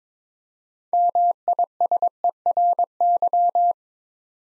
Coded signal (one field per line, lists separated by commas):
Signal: Morse code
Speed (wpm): 22 wpm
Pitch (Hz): 700 Hz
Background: none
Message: MISERY